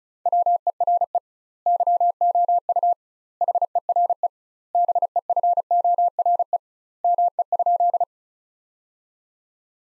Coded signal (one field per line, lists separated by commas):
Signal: Morse code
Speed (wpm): 36 wpm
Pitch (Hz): 700 Hz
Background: none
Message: WERE YOU HERE BEFORE ME?